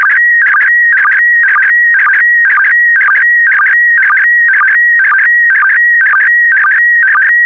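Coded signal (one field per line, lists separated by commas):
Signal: SSTV (slow-scan television)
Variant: PD120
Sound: warbling tone near 2 kHz with rhythmic chirps about twice per second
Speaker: transmission complete you can now check your decoded image against the picture that is shown on the video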